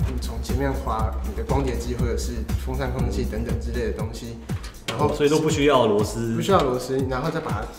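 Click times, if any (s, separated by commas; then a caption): none. In the 5.25-inch drive bay of an NZXT H230 computer case, the plastic tool-free latch is opened so a drive can slide in from the front with no screws needed. Someone talks over steady background music throughout. The clip ends before the latch is pushed back closed, so nothing has seated or clicked yet.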